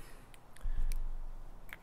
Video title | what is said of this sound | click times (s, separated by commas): Avet JX Raptor Reel Service | put this back in, it clicks into place. | 0.9 s, 1.7 s